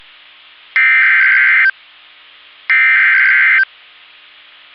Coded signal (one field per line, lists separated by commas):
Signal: Emergency Alert System (SAME) tones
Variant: header bursts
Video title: severe thunderstorm warning in oklahoma city EAS